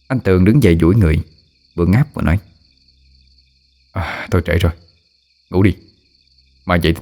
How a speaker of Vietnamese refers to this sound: Sự yên tĩnh bao trùm lên ngôi nhà, bốn bề chỉ có tiếng dế kêu xa xa vọng lại.